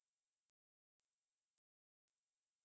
Rock wren call. Rock wren contact call.